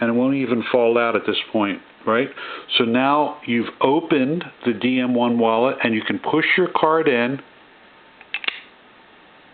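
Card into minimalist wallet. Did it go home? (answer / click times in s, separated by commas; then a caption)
yes / 8.3 s, 8.5 s. Someone talks, then a card is pushed into an opened metal Decadent Minimalist DM1 minimalist wallet until its two sides close on it. Two sharp clicks sound at 8.3 s and 8.5 s as the card seats and locks in place.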